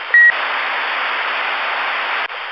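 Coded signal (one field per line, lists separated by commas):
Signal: roger beep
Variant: Stryker built-in beep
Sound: one short steady high beep, then a burst of radio hiss that cuts off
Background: radio static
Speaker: Striker comes with two beeps this one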